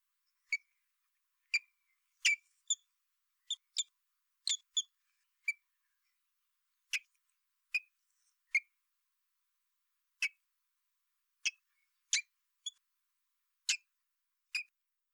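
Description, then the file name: Common blackbird uttering a long series of thin, sharp ticks, mostly single, roughly one each second, sometimes doubled. "Turdus merula"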